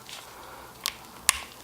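A bushing insert is pushed by hand into the mounting eyelet of a new convertible-top hydraulic ram on a Mustang. A faint sharp tick at 0.9 s is followed by a louder, crisp snap at 1.3 s. The bushing snaps in and is seated in the eyelet.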